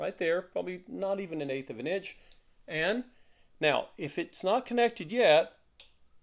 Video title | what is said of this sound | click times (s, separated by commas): HOW TO SERIES #56: Why Did I Remove a Singer Tension Assembly? Because It Was Designed For Serviced! | oh, did you hear that? The little click. The little pin found one of those holes. | 5.8 s